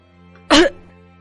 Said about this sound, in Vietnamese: Đang nói, Lão Thông bất ngờ ho lên một tiếng.